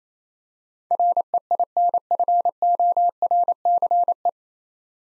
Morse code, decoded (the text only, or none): REINFORCE